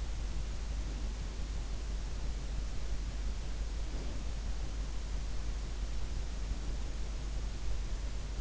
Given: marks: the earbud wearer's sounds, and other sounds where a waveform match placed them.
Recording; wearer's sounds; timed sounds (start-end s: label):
sounds in sleep by an in-ear microphone; breath
3.87-4.34 s: breath